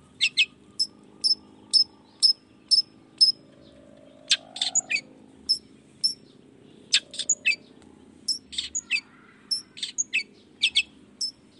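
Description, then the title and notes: Long-tailed shrike song of sharp, high chirps and clicks in loose bursts. Singing actively in the morning with 'toet toet' voice variations; meant to stimulate reluctant shrikes into joining the song quickly. "Cendet Gacor Dor Di Kala Pagi Toet Toet Variasi Suara J. Cendet Gacor Di Pagi Hari Rangsangan Emosi Cendet Malas Bunyi Supaya Secepatnya Ikutan Bunyi. Burung cendet"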